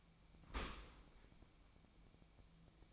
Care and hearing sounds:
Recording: daily activity, microphone in the room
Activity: open dishwasher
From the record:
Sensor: 1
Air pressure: 1003.2 hPa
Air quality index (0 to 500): 195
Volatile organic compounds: 6 ppm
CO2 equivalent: 1869 ppm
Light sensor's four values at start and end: 18/44/18/21 and 18/43/18/21

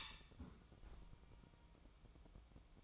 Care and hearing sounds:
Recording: daily activity, microphone in the room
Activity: close fridge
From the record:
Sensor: 1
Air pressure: 1007.8 hPa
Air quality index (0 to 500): 104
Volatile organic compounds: 1 ppm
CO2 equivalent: 882 ppm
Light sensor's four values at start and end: 12/28/11/13 and 12/28/11/13

